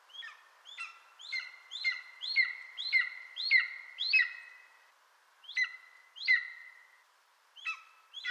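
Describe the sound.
Bird calls: quick bursts of clipped, downslurred notes with strong harmonics, delivered in runs of several, then spaced out with short silences.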